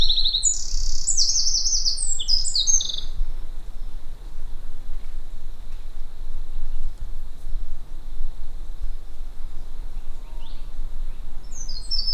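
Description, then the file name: Eurasian wren song, a quick burst of piercing high trills lasting about three seconds, then a long quiet stretch with low rumble before a brief final twitter. "Troglodytes troglodytes"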